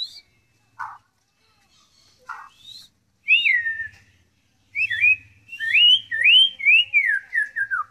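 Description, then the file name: White-rumped shama song: short sharp notes, then rich looping whistled phrases that rise and fall in a fluid run over faint low hum. Shama song in the 'tembakan' style, with mimicked canary (kenari) and kingfisher (tengkek) phrases. "murai batu tembakan kenari tengkek"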